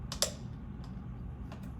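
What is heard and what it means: A screwdriver is wedged into the slot at the bottom of an SCBA face mask to pry off the plastic exhalation-valve cover plate. A sharp click sounds at 0.2 s, with fainter ticks around 0.1, 0.8 and 1.5 s over a low steady hum. The plate is working loose and comes up and off just after this.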